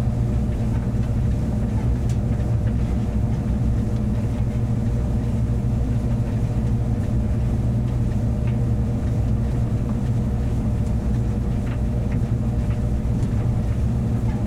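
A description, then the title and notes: A clothes dryer rumbles steadily with a deep, even drone, faint clicks and soft tumbling knocks scattered across the fourteen seconds. Rumble the Tumble Drier’s Cosy Sounds. The gentle rumble tumble of the drier, warming fuzzy socks and babygrows.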